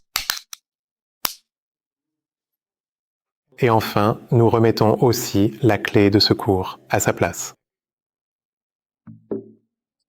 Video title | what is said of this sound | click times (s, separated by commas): Remplacement du boîtier de clé intelligente Nissan | Nous remettons la partie supérieure en place. Nous attendons un petit clic sec. | 0.2 s, 1.2 s